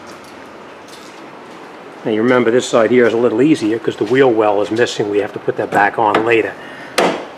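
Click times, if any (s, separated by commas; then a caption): 7.0 s. The plastic front bumper cover of a 2006–2012 Nissan Altima is pushed at its corner, on the side where the wheel well liner is missing, so its retaining tab snaps into the fender bracket. Someone talks from about 2 to 6.5 seconds, then a single sharp knock at 7.0 seconds marks the tab seating.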